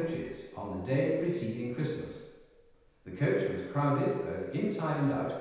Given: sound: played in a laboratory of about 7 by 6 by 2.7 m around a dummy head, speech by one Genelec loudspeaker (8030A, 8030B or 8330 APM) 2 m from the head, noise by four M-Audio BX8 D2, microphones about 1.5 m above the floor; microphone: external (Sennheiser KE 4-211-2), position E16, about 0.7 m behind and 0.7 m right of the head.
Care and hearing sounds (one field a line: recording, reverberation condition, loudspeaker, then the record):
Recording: male speech in English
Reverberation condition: high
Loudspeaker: in front (0 degrees)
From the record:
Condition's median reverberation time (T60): about 1300 ms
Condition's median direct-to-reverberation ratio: about -4.0 dB